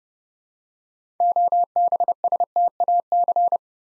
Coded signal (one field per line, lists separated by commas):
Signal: Morse code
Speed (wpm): 28 wpm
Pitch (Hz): 700 Hz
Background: none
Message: OBSTAC